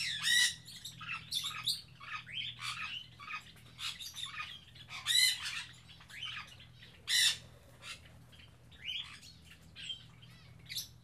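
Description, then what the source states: Birds screeching harshly with loud squawks every few seconds and softer scratchy calls filling the gaps, over a faint low hum. Captive birds kept in an aviary on Spetses.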